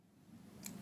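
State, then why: Not seated. A cable plug, its heat-shrink trimmed so it will fit, is pushed into its connector inside a NAS. A faint low hum runs throughout, with a brief sharp tick at about 0.7 s. The plug does not latch, and nothing has clicked home yet.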